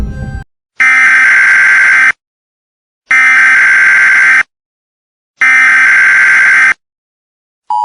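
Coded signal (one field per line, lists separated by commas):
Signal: Emergency Alert System (SAME) tones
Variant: header bursts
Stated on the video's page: Fictional EAS scenario using valid EAS tones, a simulation based on a Twilight Zone episode.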